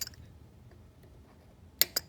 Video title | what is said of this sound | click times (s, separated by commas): Dodge Charger R/T Spark plugs replaced Challenger 300 HEMI 5.7L | there you heard it it clicked | 1.8 s